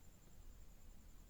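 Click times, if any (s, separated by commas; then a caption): none. A diesel fuel filter from a Tata Tigor is being handled at its mounting bracket lock, with only a low, steady noise bed and faint low-frequency rumble heard. Nothing has seated or clicked yet; the filter is not yet locked home.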